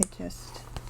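A metal cap is being handled onto the post of a bag hardware fitting pushed through fabric, with the post going through from the top and the cap pressed on from the back. Someone talks over soft handling sounds and a brief tap near the end. Nothing has seated or clicked yet; the cap has not snapped into place.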